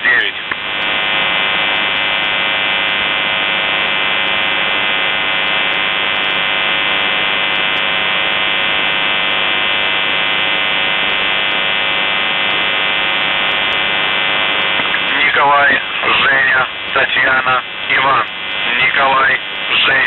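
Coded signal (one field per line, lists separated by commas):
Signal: numbers station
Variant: UVB-76, Russian voice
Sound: harsh continuous low buzz for 15 seconds, then a man's voice starts speaking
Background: radio static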